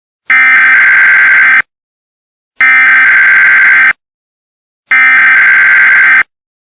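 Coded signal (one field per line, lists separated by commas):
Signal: Emergency Alert System (SAME) tones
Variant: header bursts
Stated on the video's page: Fictional Halloween EAS scenario.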